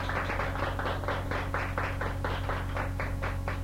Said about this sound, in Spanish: Pues muy bien, le damos un aplauso a vuestros compañeros.